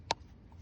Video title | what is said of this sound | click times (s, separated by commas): I CANT WIN #audi #stranded #audilovers #b8s5 #s5 #v8 #jxbperformance #carsofyoutube #slammedcars | we'll take this long one, shove it inside of our boot right here until we hear a click. | 0.1 s